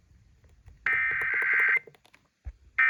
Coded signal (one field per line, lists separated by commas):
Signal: Emergency Alert System (SAME) tones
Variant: header bursts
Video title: San Diego Required Monthly Test on KOGO AM 600 (EAS #1435)